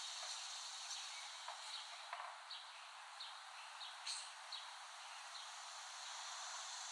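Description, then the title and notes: Cicadas droning in a steady, dense hiss, with a few faint short chirps scattered through the background. Cicadas recorded in West Brighton, Staten Island, in late summer 2008. "Dronecast No. 021: The Cicadas of Summer. Recording of cicadas made by Dan Bodah in West Brighton, Staten Island, late summer 2008"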